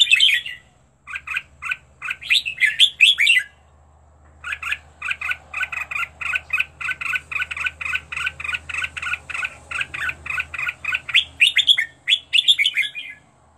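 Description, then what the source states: Red-whiskered bulbul song: bursts of bright, chirpy, slurred notes in quick runs, a pause near four seconds, then a long steady stream of rhythmic phrases. Made for training bulbuls to sing, presenting 15 standard song styles.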